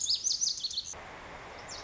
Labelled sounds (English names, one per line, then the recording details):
Lazuli Bunting
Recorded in Sonoma County, California